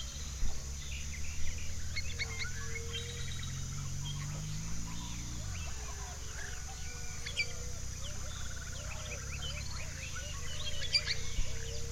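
Birdsong fills an April sunrise in the orchard, with many small chirps and tweets scattered across the whole stretch and a few brighter calls near eleven seconds. Underneath, a low engine-like drone rises in pitch until about five seconds, then drops away into a steady rumble.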